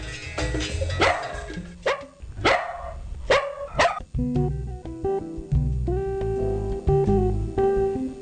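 Dogs bark in a quick series of five or six loud, sharp yaps over the first four seconds, then sustained tonal notes carry on to the end.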